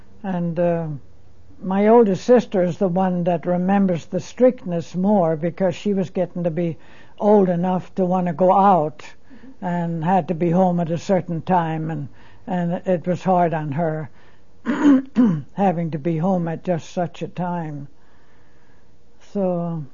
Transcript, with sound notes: And my older sister is the one that remembers the strictness more because she was getting to be old enough to want to go out and had to be home at a certain time, and it was hard on her, (coughs) having to be home at just such a time. So...